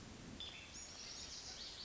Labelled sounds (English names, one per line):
Pacific Wren